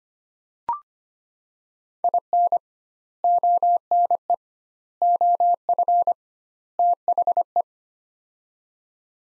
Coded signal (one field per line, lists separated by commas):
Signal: Morse code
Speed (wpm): 25 wpm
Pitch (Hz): 700 Hz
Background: none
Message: IN ONE OF THE